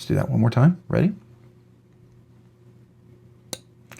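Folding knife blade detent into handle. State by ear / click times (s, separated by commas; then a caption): seated / 3.5 s. Someone talks, then a folding Poikilo Oraca knife, on loan from Penchetta Pen & Knife, has its blade closed into the handle a second time near the microphone. The detent snaps shut with a single crisp click at 3.5 s, followed by a couple of faint ticks. The blade is seated.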